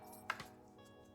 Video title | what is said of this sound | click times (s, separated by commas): Your Next $600 Gaming PC Build for 2023! | then take your m.2 SSD plug it in here there we go and you hear snap | 0.3 s